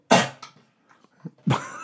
The shepherd hound that just coughed up a hairball.